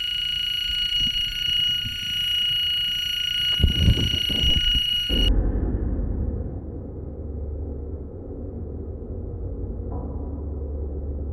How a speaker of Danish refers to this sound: Okay, nu har vi startet båndoptageren igen. Der startede en brandalarm her, hvor vi sidder. Hvordan blev du bange, den ringede, eller du sidder helt roligt?